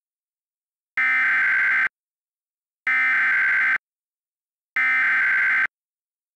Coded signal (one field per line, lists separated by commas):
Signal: Emergency Alert System (SAME) tones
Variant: header bursts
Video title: EAS Mock: Feelin' Hot